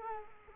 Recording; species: mosquito wingbeat signal from an infrared sensor; Culex quinquefasciatus